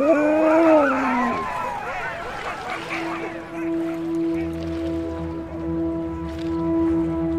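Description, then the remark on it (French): Sled dogs of Shackleton's Endurance expedition answer with a brief burst of overlapping yelps and howls, their pitch sliding up and down for about two seconds before giving way to a steady, low humming tone. “Pas vrai, les chiens?”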